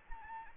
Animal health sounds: mosquito wingbeat signal from an infrared sensor; Anopheles arabiensis

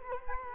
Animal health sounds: mosquito wingbeat signal from an infrared sensor; Culex quinquefasciatus

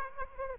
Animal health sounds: mosquito wingbeat signal from an infrared sensor; Aedes aegypti

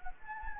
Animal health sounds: mosquito wingbeat signal from an infrared sensor; Anopheles gambiae

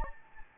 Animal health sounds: mosquito wingbeat signal from an infrared sensor; Anopheles gambiae

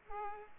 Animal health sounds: mosquito wingbeat signal from an infrared sensor; Culex pipiens

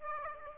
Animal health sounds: mosquito wingbeat signal from an infrared sensor; Aedes aegypti

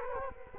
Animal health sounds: mosquito wingbeat signal from an infrared sensor; Culex quinquefasciatus

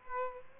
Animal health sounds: mosquito wingbeat signal from an infrared sensor; Aedes aegypti

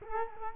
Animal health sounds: mosquito wingbeat signal from an infrared sensor; Culex quinquefasciatus

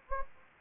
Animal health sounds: mosquito wingbeat signal from an infrared sensor; Anopheles gambiae

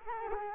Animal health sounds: mosquito wingbeat signal from an infrared sensor; Culex quinquefasciatus

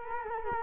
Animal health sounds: mosquito wingbeat signal from an infrared sensor; Culex quinquefasciatus

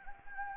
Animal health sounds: mosquito wingbeat signal from an infrared sensor; Anopheles gambiae

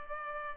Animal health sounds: mosquito wingbeat signal from an infrared sensor; Culex pipiens

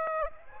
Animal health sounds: mosquito wingbeat signal from an infrared sensor; Aedes aegypti

